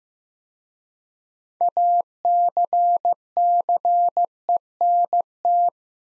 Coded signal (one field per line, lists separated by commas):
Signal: Morse code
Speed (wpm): 15 wpm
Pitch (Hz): 700 Hz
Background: none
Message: ACCENT